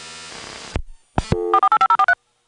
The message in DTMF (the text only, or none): 485043